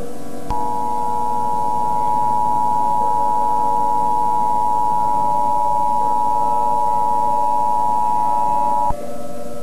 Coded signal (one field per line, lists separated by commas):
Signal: Emergency Alert System (SAME) tones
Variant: 853 and 960 Hz attention tone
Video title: EAS SCENARIO: Another light